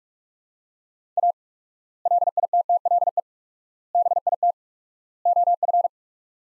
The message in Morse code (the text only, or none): A LITTLE BIT OF